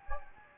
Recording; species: mosquito wingbeat signal from an infrared sensor; Anopheles gambiae